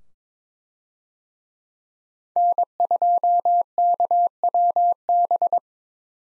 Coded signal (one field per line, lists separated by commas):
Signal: Morse code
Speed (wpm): 22 wpm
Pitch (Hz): 700 Hz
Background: none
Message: N2KWB